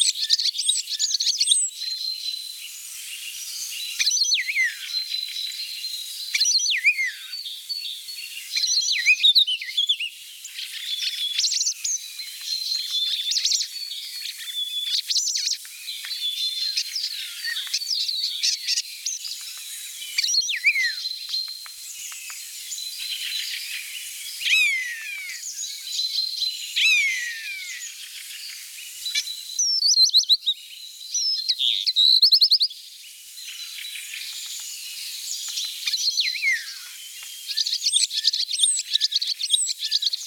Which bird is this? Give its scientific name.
Sturnus vulgaris